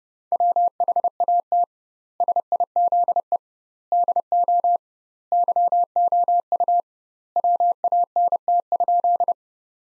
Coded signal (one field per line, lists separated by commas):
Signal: Morse code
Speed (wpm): 30 wpm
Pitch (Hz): 700 Hz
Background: none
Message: WHAT SIZE DO YOU WANT?